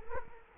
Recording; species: mosquito wingbeat signal from an infrared sensor; Culex quinquefasciatus